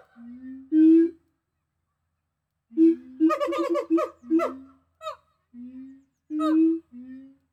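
Gibbon calls: low, rising hoots that break into a quick, excited burst of bright notes, then more spaced hooting.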